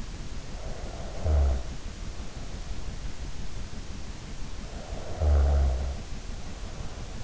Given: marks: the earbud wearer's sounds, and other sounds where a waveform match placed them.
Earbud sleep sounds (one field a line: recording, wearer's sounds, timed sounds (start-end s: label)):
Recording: sounds in sleep by an in-ear microphone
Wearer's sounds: snoring breath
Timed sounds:
0.33-1.70 s: snoring breath
4.56-7.24 s: snoring breath